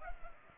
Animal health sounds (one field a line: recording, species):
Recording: mosquito wingbeat signal from an infrared sensor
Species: Culex pipiens